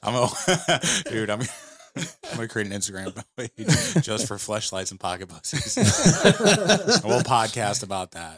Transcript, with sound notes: I'm all, dude, I'm gonna create an Instagram. (laughing) Just for flesh, lights, and pocket bucks. (laughing)
We'll podcast about that.